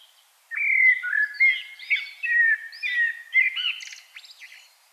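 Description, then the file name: Common blackbird singing a continuous warbled phrase of mellow whistled notes, ending with a squeaky, buzzy high-pitched flourish; calm surroundings otherwise. "Turdus merula"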